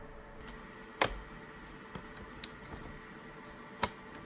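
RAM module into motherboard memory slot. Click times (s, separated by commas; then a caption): 1.0 s, 2.4 s, 3.8 s. A RAM memory module is pressed down with both thumbs into a motherboard DIMM slot until the plastic retention tabs click. Sharp clicks sound at 1.0 s, 2.4 s and 3.8 s against a quiet background, and the module is seated.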